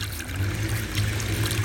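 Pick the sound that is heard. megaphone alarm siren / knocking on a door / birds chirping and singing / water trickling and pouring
water trickling and pouring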